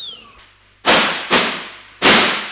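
Three loud, sharp gunshots fire at uneven intervals, each bang trailing off in a ringing decay, after a faint descending whistle at the start.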